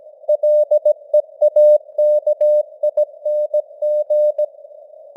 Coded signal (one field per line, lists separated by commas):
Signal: Morse code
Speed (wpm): 17 wpm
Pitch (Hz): 600 Hz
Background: none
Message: LEAKING